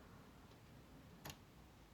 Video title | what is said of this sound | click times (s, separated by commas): How to Install and Replace Ink Cartridges in Epson XP-3200 Printer | So give it one firm press down so you can hear it click, and that's how you know it's installed correctly. | 1.3 s